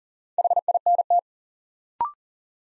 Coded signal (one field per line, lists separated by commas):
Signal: Morse code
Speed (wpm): 39 wpm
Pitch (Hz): 700 Hz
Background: none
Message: HINT